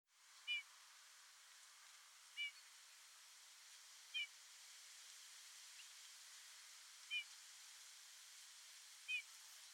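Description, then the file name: Eurasian bullfinch calls: five faint, brief piped whistles, spaced irregularly against a constant background hiss. "Pyrrhula pyrrhula"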